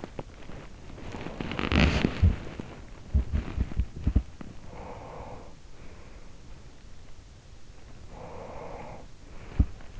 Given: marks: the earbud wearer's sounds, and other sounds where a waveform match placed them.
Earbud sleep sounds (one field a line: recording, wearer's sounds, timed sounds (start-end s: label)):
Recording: sounds in sleep by an in-ear microphone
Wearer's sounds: body movement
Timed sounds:
0.00-4.57 s: body movement
4.77-6.91 s: sound from someone else or the room
7.89-10.00 s: sound from someone else or the room